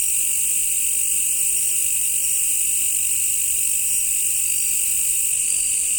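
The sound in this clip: Crickets trilling in a steady, unbroken chorus, with shrill bands of sound holding constant pitch throughout and no other clear sounds.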